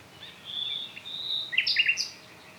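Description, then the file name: Common nightingale singing a pair of sustained high whistles, then a loud burst of quick, varied chirping notes. "Luscinia megarhynchos"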